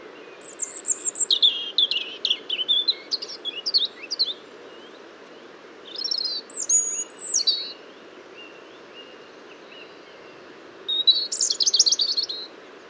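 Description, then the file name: European robin sings three bursts of high, tinkling, twittering notes and fast trills, with softer lower whistles between phrases and a steady hum underneath. "Erithacus rubecula"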